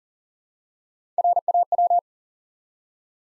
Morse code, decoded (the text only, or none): RAW